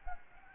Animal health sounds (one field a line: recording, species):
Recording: mosquito wingbeat signal from an infrared sensor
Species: Anopheles gambiae